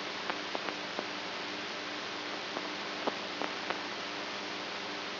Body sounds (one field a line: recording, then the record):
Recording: brain microelectrode recording played as sound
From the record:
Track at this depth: outside the subthalamic nucleus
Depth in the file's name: 7.105 mm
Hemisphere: right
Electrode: 3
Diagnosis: Parkinson's disease